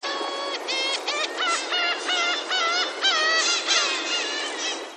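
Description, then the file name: Black-tailed gulls calling in a flock, many nasal, mewing cries overlapping continuously, some rising and falling, over a steady hiss of background noise. "umineko"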